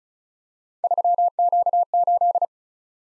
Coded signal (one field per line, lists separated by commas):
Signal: Morse code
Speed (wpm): 36 wpm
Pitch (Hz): 700 Hz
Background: none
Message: 3Q8